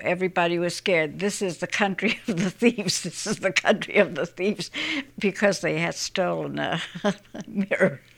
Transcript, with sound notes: Everybody was scared. "This is the country (she laughs) of the thieves! This is the country of the thieves," because they had stolen a mirror.